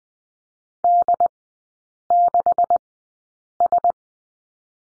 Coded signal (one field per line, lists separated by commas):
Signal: Morse code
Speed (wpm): 20 wpm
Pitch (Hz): 700 Hz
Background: none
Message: D6S